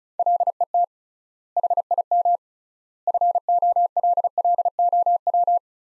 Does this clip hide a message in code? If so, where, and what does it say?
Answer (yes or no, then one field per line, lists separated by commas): yes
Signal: Morse code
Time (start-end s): 0.2-5.6 s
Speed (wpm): 36 wpm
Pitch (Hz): 700 Hz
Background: none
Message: LET HIM FOLLOW